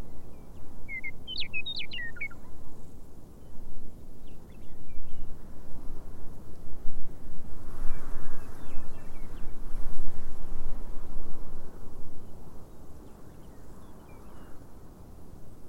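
A prairie dawn chorus: a burst of bright chirping near the start, then sparser calls over a steady low rumble of wind.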